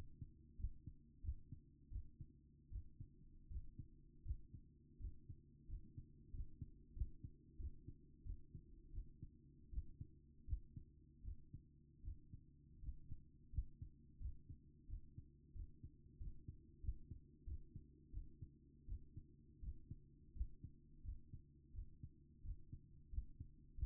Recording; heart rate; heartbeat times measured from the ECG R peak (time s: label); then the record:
heart sounds by stethoscope; 86 bpm
0.57 s: heartbeat
1.22 s: heartbeat
1.90 s: heartbeat
2.70 s: heartbeat
3.48 s: heartbeat
4.23 s: heartbeat
4.98 s: heartbeat
5.67 s: heartbeat
6.31 s: heartbeat
6.94 s: heartbeat
7.57 s: heartbeat
8.24 s: heartbeat
8.92 s: heartbeat
9.70 s: heartbeat
10.46 s: heartbeat
11.22 s: heartbeat
12.02 s: heartbeat
12.81 s: heartbeat
13.51 s: heartbeat
14.19 s: heartbeat
14.87 s: heartbeat
15.53 s: heartbeat
16.18 s: heartbeat
16.81 s: heartbeat
17.45 s: heartbeat
18.11 s: heartbeat
18.86 s: heartbeat
19.60 s: heartbeat
20.34 s: heartbeat
21.02 s: heartbeat
21.72 s: heartbeat
22.42 s: heartbeat
23.10 s: heartbeat
23.76 s: heartbeat
From the record:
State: at rest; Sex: female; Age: 27 years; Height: 169 cm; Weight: 63 kg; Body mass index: 22.06